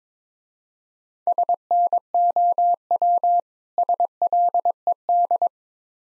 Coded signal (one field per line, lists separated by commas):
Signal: Morse code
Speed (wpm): 21 wpm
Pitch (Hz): 700 Hz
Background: none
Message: SNOW SLED